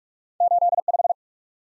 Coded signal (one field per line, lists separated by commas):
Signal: Morse code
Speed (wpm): 46 wpm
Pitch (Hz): 700 Hz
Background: none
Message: 8 5